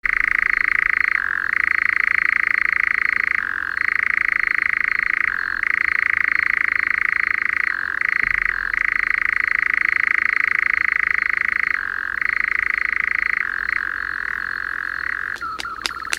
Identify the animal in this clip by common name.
Eurasian Nightjar